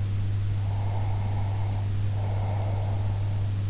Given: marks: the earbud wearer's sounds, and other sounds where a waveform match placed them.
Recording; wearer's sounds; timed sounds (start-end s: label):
sounds in sleep by an in-ear microphone; breath
0.57-3.46 s: breath